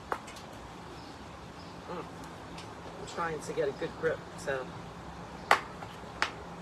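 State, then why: Seated. A plastic fastener is gripped and tightened to secure a pool noodle to a thrifted chandelier frame while someone talks. Two sharp clicks are heard at 5.5 s and 6.2 s as the fastener clicks tight and seats.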